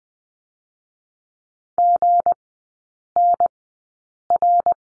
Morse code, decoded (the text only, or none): GNR